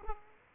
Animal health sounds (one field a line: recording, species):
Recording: mosquito wingbeat signal from an infrared sensor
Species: Aedes aegypti